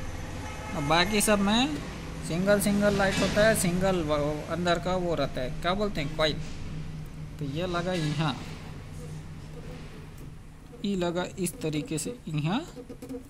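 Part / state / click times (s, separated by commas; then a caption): bulb holder into rear tail lamp housing / not seated / none. A new bulb and its plastic twist-lock holder are lined up in the rear tail lamp housing of a Swift's brake light, with no lock attempted yet. Someone talks through most of the clip, with faint handling noise underneath. Nothing has seated or clicked yet.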